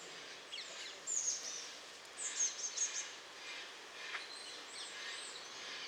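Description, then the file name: Eurasian blue tit giving faint, thin, high notes: a brief call, then a few quick notes, over steady background noise. "Cyanistes caeruleus"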